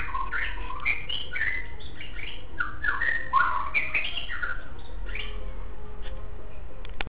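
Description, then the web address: Shama song: rich, varied whistled phrases with slurred rising and falling notes in quick succession, over a steady low rumbling background. "shanlung 9 2 song meow 2. shanlung 9 shamasong 2"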